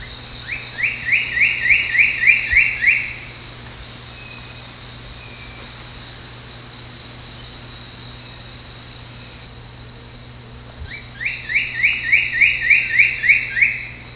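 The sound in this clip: Cocoa woodcreeper giving a rapid series of about ten clear, evenly spaced whistled notes, repeated after a pause of about eight seconds, over a steady high insect-like hum.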